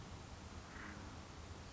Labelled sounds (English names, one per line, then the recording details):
Acorn Woodpecker
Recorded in Sonoma County, California